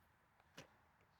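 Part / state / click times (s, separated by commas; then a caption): slide-in attachment into miter saw base / not seated / none. A tool-free slide-in attachment is pushed into the base of a 2025 Evolution cordless miter saw, giving a faint tick at about 0.4 s and a short, sharp knock at 0.6 s against a quiet background. The attachment has not seated or clicked in yet, because a tightened hex screw is stopping it from sliding into place.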